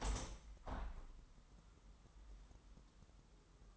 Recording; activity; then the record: daily activity, microphone in the room; open window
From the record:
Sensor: 3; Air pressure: 998.6 hPa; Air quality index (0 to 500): 153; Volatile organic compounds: 6 ppm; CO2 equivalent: 1838 ppm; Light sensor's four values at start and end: 11/27/11/12 and 11/28/11/12